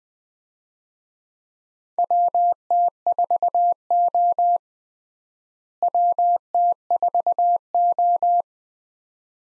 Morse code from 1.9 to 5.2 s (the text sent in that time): WT4O